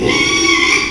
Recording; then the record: squeal of a Yucatan mini pig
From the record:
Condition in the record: after surgery on the right vocal fold (resection and tissue-engineered implant); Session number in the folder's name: 1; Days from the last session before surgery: 6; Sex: male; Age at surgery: 12 weeks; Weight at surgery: 13 kg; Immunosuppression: cyclosporine, prednisolone